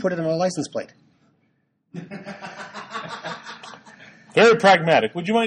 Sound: laughter in the background